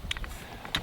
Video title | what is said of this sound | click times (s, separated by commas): You've Never Seen An AR Do This: The FoldAR MoBetta 16" Folding Rifle First Impressions | lock into place | 0.1 s, 0.8 s